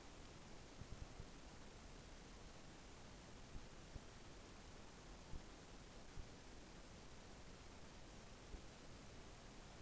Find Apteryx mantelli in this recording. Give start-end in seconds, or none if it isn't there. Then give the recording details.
none. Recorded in New Zealand on 12 February 2013. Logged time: 22:59. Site DH65